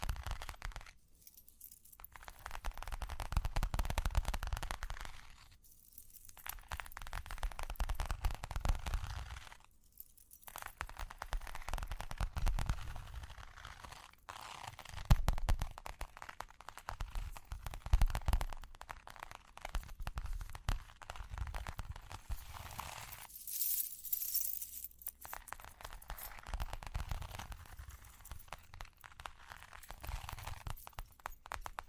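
Dense scratching and crackly rubbing sounds fill the clip, with a low rumbling thump underneath that swells and fades in waves. Brief near-silent gaps break it up around 2, 6, 10 and 24 seconds, and a bright jingling shimmer rises near 24 seconds.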